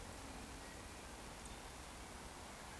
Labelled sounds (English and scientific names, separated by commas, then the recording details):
Eurasian Woodcock (Scolopax rusticola) whistle
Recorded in Baden-Württemberg, Germany, on 15 June 2020 at 19:31 UTC
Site 14569, 102 m above sea level